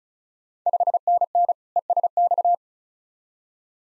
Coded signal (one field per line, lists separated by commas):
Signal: Morse code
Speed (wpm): 36 wpm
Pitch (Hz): 700 Hz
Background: none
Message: 5NN ESX